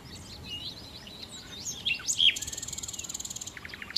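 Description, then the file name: Common nightingale song moving from soft varied twitters to a loud, dry, buzzy rattle lasting about a second, ending in a few rapid repeated clipped notes. "Nachtigall"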